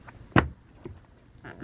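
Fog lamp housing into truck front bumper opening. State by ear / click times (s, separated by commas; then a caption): seated / 0.4 s. A fog lamp assembly is pushed into its opening in the plastic front bumper of a Toyota Tacoma truck, and a sharp click at 0.4 s marks its retaining tab engaging. Fainter handling sounds follow around 0.9 s and from 1.4 s onward. The housing is seated.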